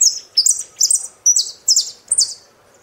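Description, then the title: Saffron finch giving bright, high chirped phrases in quick succession, each note sliding downward. "Jilguero Argentino"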